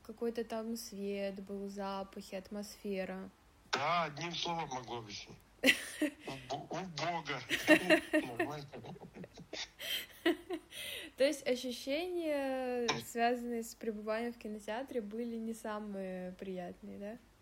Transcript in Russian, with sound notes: какой-то там свет был, запахи, атмосфера?
Да, одним словом могло быть. [смеется] Убого.
То есть ощущения, связанные с пребыванием в кинотеатре, были не самые приятные, да?